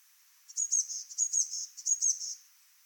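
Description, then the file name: Eurasian blue tit giving three quick high calls, each a thin sharp note running into a short buzzy trill, spaced about two-thirds of a second apart. "Cyanistes caeruleus"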